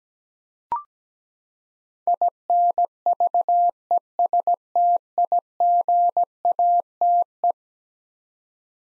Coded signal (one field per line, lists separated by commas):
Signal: Morse code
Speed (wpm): 17 wpm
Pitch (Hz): 700 Hz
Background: none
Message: INVESTIGATE